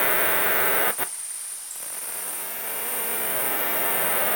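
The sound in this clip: Cicada (Cicadetta brevipennis): cicada song: a loud, steady hissing buzz that cuts out briefly for under a second, then resumes and holds evenly to the end.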